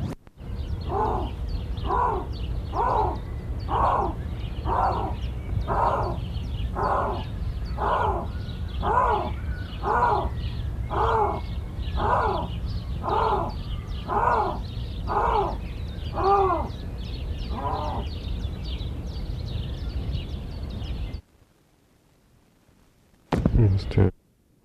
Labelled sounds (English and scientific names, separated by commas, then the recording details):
Canadian Lynx (Lynx canadensis) call
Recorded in captivity
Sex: male
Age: adult
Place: Zoopark Erfurt, Thüringen, DE
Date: 1972-05-19 10:08
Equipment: Uher 4200 Report Stereo, Sennheiser MD 421, Tesla-Verstärker
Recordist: Tembrock, Günter
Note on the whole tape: Kanadischer Luchs: Männchen, Rufreihe